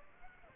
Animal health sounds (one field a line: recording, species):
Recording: mosquito wingbeat signal from an infrared sensor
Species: Aedes aegypti